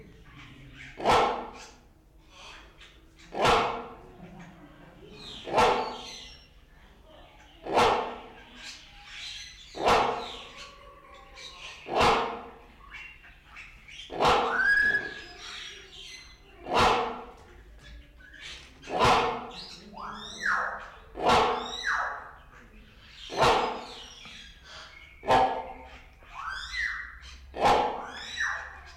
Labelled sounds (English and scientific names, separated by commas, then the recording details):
Great Hornbill (Buceros bicornis) call
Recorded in captivity
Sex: pair
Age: adult
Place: Zoo Berlin, Berlin, DE
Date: 1994-04-02 11:20
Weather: wolkig bis heiter, 8-10°C
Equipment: Marantz CP 430, Sennheiser ME 80, Kopie Uher Variocord 263
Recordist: Tembrock, Günter